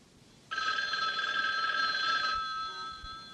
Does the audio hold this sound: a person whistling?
no